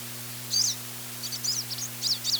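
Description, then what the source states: Pine siskin calling with high, thin chittering notes in short bursts, one near the start and a cluster toward the end, over a constant low electrical hum. Gives chittering notes and a zippy song.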